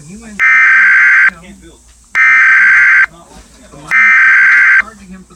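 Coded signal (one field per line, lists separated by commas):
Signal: Emergency Alert System (SAME) tones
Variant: header bursts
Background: speech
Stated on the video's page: Fake, simulated Winter Storm EAS tones.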